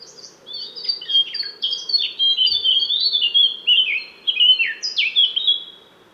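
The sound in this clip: Eurasian blackcap song: a steady run of clear, fluty warbled phrases that slide up and down, continuing almost without pause to the end.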